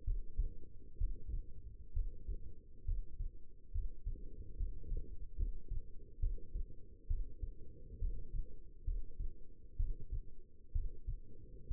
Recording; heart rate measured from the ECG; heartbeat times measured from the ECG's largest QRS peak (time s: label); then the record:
heart sounds by stethoscope; 67 bpm
0.04 s: heartbeat
0.98 s: heartbeat
1.93 s: heartbeat
2.85 s: heartbeat
3.71 s: heartbeat
4.56 s: heartbeat
5.36 s: heartbeat
6.19 s: heartbeat
7.07 s: heartbeat
7.99 s: heartbeat
8.84 s: heartbeat
9.76 s: heartbeat
10.72 s: heartbeat
11.67 s: heartbeat
From the record:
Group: healthy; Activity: rest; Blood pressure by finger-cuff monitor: 138/81 mmHg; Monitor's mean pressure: 97 mmHg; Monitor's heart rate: 69 bpm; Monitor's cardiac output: 5.9 L/min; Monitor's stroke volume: 92 mL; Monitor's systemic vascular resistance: 1200 dyn s/cm5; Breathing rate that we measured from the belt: 16 breaths a minute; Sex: female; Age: 22 years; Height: 171 cm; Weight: 65.6 kg